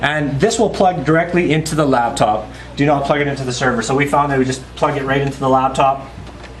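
A virtual welder's USB cable is being handled to plug directly into a laptop's USB port rather than a server, while a man talks over a steady low hum. Nothing has seated or clicked yet; the clip ends before the plug goes home.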